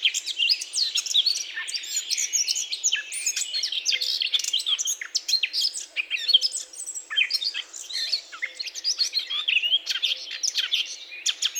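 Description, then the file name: Eurasian blackcap delivering a long, continuous warble of bright whistled and scratchy notes, varied in pitch and rapidly changing throughout. "Sylvia atricapilla"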